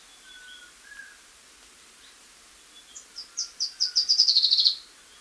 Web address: Natures Songs S America Birds of Ecuador Black-crested Warbler